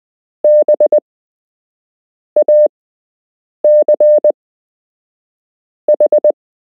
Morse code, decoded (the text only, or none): BACH